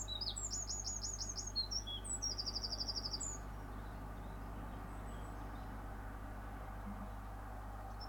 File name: Bird sings in the morning with cars in the background